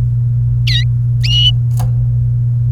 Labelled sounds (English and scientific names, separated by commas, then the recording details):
Domestic Canary (Serinus canaria) song
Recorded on 28 April 2018 at 11:27
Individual llb3